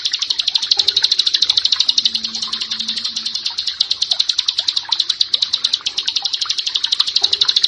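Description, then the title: Bar-winged prinia song: dense, high, rapidly repeated chirps running almost continuously, with a faint low hum in the background. "Ciblek Sawah"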